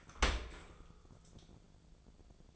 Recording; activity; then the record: daily activity, microphone in the room; open dishwasher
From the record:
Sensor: 5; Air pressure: 1000.6 hPa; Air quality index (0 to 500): 154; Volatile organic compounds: 2 ppm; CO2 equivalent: 1180 ppm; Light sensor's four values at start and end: 42/96/41/44 and 42/97/41/45